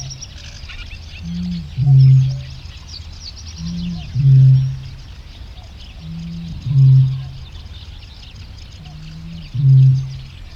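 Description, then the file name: Eurasian bittern giving four low, hollow booms, each introduced by quieter gulping notes, spaced about two and a half seconds apart, with faint birdsong behind. "Eurasian Bittern Botaurus stellaris"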